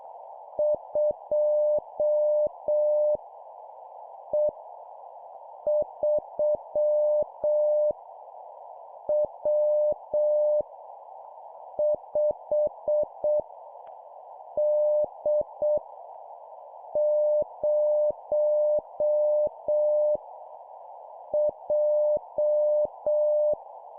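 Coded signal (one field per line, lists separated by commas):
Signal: Morse code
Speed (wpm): 6 wpm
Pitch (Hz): 600 Hz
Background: none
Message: 2 E 3 W 5 D 0 J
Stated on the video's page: Morse code copy practice of random letters and numbers sent at 7 wpm.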